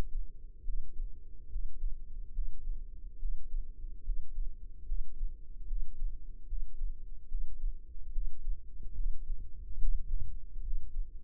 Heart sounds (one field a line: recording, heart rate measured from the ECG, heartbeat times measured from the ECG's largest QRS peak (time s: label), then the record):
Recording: heart sounds by microphone in the left ear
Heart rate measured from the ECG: 72 bpm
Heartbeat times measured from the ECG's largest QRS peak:
0.63 s: heartbeat
1.48 s: heartbeat
2.31 s: heartbeat
3.18 s: heartbeat
4.02 s: heartbeat
4.85 s: heartbeat
5.66 s: heartbeat
6.46 s: heartbeat
7.28 s: heartbeat
8.11 s: heartbeat
8.94 s: heartbeat
9.78 s: heartbeat
10.61 s: heartbeat
From the record:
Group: healthy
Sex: male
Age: 35 years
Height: 178 cm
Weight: 64 kg